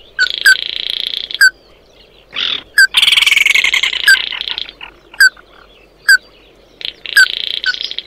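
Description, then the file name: Bird with harsh buzzy bursts, spaced by sharp single ringing notes roughly every second, plus one brief lower squawk. "Tieng chim mat do"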